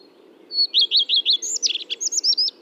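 Common redstart singing a brief phrase that opens with several matching sweet whistled notes and ends in a rapid jumble of thin, twittery notes.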